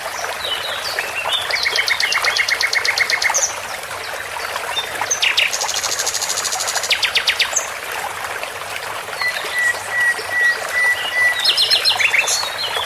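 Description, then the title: Birds singing over running water: fast mechanical trills, a brief pause, more rattling trills and high chirps, and one thin drawn-out whistle near the end. With the sound of water. "اصوات عصافير مع مياه"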